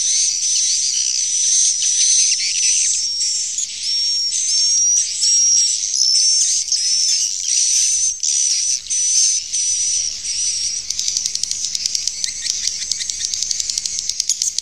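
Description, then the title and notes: Swiftlet chirps with rising and falling whistled tones over buzzy bursts, later giving way to a rapid rattling twitter near the end. Used in swiftlet farming in Asia. "Swiflet Bird Sound. Farming Swiflet Bird asia sound"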